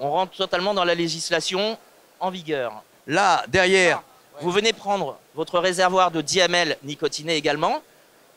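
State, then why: Not seated. A nicotine-containing 10 ml e-liquid refill reservoir is being handled before it is pushed onto a 2 ml vape pod. Only someone talking is heard throughout, and nothing has seated or clicked yet.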